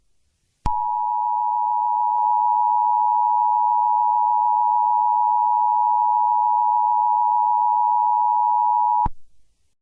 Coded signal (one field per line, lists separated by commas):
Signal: Emergency Alert System (SAME) tones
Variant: 853 and 960 Hz attention tone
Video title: eas alarm